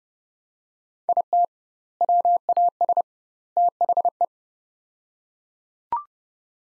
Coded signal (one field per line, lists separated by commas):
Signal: Morse code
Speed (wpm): 30 wpm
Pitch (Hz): 700 Hz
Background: none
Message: IT WAS THE